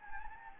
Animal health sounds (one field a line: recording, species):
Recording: mosquito wingbeat signal from an infrared sensor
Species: Anopheles gambiae